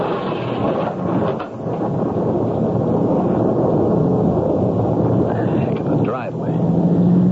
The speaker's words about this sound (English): Gotta get a roof over my head till this downpour stops. Dangerous out here.